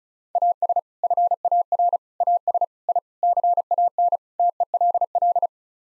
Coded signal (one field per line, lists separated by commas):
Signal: Morse code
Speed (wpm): 34 wpm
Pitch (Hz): 700 Hz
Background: none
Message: AS FAR AS I CAN TELL